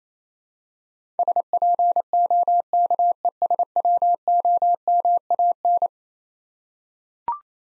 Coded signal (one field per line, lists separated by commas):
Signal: Morse code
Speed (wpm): 28 wpm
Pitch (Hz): 700 Hz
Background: none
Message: SPOKESWOMAN